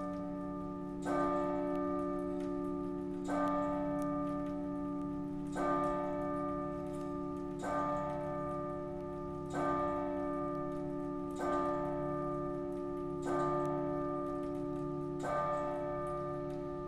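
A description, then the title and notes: A church bell tolls slowly and steadily in an old town on Christmas Eve, striking about every two seconds. Each stroke rings out with a rich, sustained hum that overlaps the next, over a quiet, slightly hissing background. Christmas Eve in Tübingen. A few clips from walking around the old town here in Tübingen on Christmas Eve.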